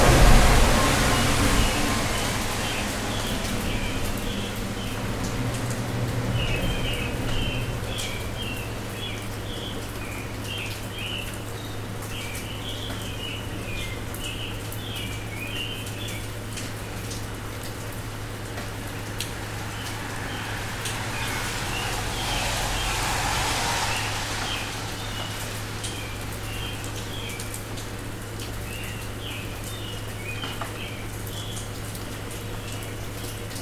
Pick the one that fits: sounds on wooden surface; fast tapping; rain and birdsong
rain and birdsong